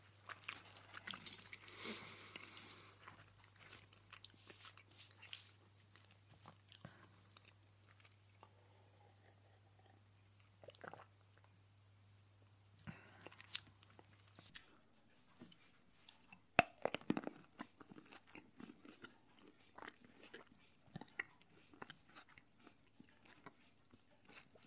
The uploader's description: A PERSON EATING